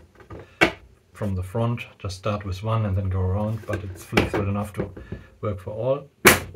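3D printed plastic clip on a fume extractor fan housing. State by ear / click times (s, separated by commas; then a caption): not seated / none. A flexible 3D printed plastic clip is handled and fitted from the front onto the housing of a soldering and workshop fume and dust extractor built for a 120x120 mm fan. Someone talks throughout, with a few faint ticks near the start and a loud, sharp sound at about 6.3 s. Nothing has seated or clicked into place yet.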